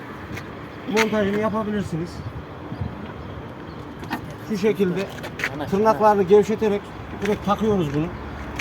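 Someone talks while handling a new trunk lid gas strut for a Peugeot 206, loosening its retaining clips before pushing the strut's end socket straight onto its ball stud mount. Brief handling noises are heard between the talking, and nothing has seated or clicked yet.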